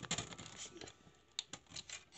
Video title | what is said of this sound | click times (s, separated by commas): building a new gaming PC intel i9 10850k and RTX 3090 | Yeah. I don't know if that little click was picked up, but if you bring the camera around this side, | 1.4 s